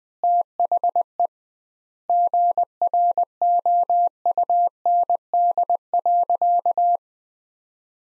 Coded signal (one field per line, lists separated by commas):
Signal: Morse code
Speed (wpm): 21 wpm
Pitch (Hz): 700 Hz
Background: none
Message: THE GROUND.